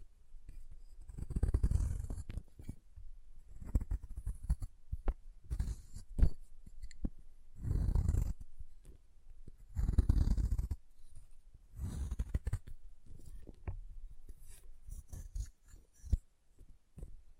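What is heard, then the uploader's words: Chalk being carved and cut, with short scraping and rasping strokes in irregular bursts, heaviest around 1–2, 8 and 10 seconds. Sharp little clicks and taps punctuate the rubbing. ASMR Chalk Carving and Cutting Sounds (No Talking).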